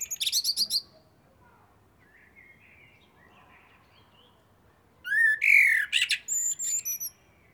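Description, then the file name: Eurasian blackbird singing: a burst of high chattering twitter, a quiet gap, then a mellow fluted phrase that breaks into squeaky high notes near the end. "Turdus merula"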